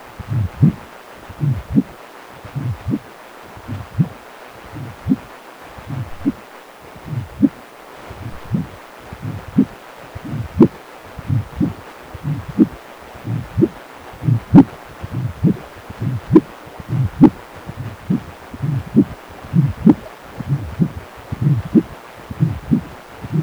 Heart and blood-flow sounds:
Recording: Doppler ultrasound of blood flow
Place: precordium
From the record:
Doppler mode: continuous wave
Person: healthy adult, 18 to 50 years, no heart murmur, not diving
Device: 2.5 MHz transducer

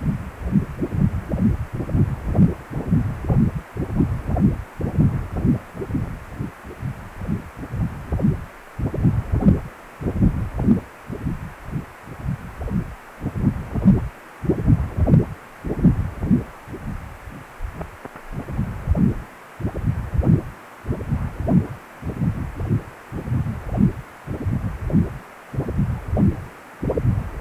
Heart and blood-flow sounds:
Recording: Doppler ultrasound of blood flow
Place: precordium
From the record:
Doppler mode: continuous wave and pulsed wave in the uncut recording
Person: healthy adult, 18 to 50 years, no heart murmur, not diving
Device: 2.5 MHz transducer

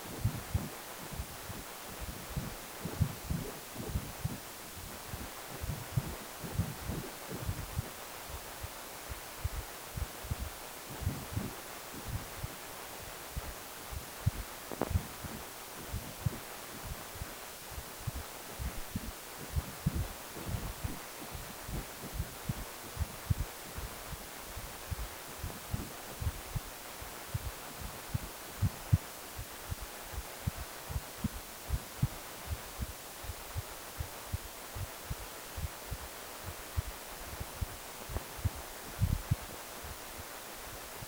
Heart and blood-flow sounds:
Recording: Doppler ultrasound of blood flow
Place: precordium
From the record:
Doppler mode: continuous wave and pulsed wave in the uncut recording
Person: healthy adult, 18 to 50 years, no heart murmur, not diving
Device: 2.5 MHz transducer

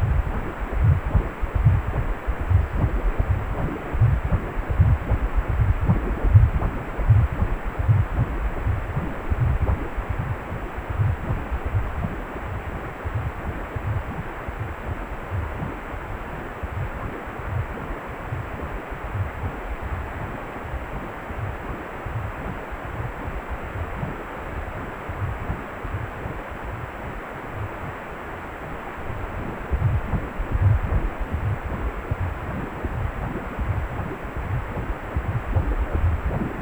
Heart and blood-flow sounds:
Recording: Doppler ultrasound of blood flow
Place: precordium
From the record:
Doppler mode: pulsed wave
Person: healthy adult, 18 to 50 years, no heart murmur, not diving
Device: 2.5 MHz transducer

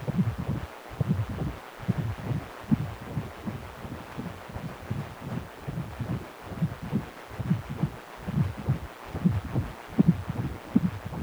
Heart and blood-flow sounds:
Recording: Doppler ultrasound of blood flow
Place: precordium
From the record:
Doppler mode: continuous wave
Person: healthy adult, 18 to 50 years, no heart murmur, not diving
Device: 2.5 MHz transducer

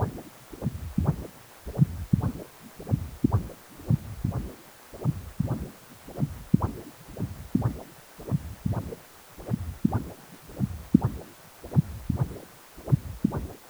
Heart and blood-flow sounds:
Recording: Doppler ultrasound of blood flow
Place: precordium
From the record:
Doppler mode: continuous wave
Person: healthy adult, 18 to 50 years, no heart murmur, not diving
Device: 2.5 MHz transducer

